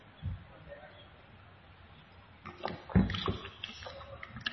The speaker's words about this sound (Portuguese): Deixa eu tomar água primeiro.